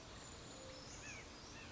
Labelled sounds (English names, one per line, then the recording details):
Brown Creeper
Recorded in Sonoma County, California